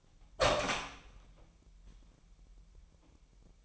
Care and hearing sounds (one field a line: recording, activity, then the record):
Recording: daily activity, microphone in the room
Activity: open door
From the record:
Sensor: 1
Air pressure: 998.4 hPa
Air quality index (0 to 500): 131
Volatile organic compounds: 4 ppm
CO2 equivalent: 1570 ppm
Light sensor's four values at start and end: 19/62/25/25 and 19/62/25/25